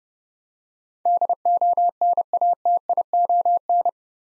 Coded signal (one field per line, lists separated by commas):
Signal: Morse code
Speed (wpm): 30 wpm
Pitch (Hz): 700 Hz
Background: none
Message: DONATION